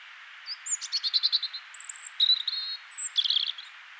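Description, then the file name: European robin delivering one varied phrase of high thin whistles, quick trills and sliding notes lasting about three seconds, with a soft steady hiss behind. "Erithacus rubecula"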